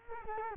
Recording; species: mosquito wingbeat signal from an infrared sensor; Culex quinquefasciatus